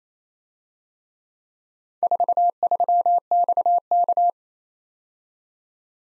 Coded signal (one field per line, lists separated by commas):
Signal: Morse code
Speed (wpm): 31 wpm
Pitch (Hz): 700 Hz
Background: none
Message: 43XK